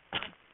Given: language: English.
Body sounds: throat vibration sensor signal played as sound; cough

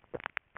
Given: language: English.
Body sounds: throat vibration sensor signal played as sound; swallow

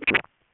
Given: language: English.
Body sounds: throat vibration sensor signal played as sound; swallow

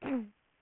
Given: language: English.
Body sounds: throat vibration sensor signal played as sound; throat clearing

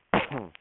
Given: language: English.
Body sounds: throat vibration sensor signal played as sound; cough

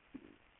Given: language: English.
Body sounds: throat vibration sensor signal played as sound; swallow

